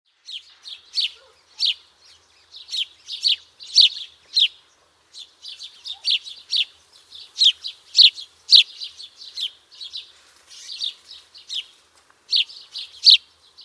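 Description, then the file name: House sparrow chirping, a rapid run of short, bright chirps repeated nearly twice a second in uneven bursts, with brief pauses between groups. "Passer domesticus"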